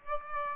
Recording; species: mosquito wingbeat signal from an infrared sensor; Aedes aegypti